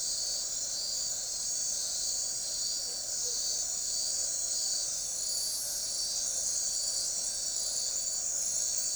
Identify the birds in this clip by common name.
none